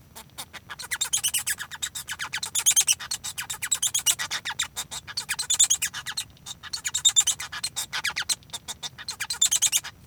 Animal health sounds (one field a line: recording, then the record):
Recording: song of a male Bengalese finch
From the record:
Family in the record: son of father 1